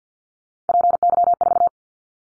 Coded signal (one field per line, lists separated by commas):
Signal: Morse code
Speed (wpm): 49 wpm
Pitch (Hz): 700 Hz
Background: none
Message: PY4